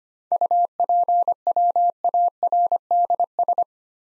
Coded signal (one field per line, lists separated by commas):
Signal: Morse code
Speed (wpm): 25 wpm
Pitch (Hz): 700 Hz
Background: none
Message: UPWARDS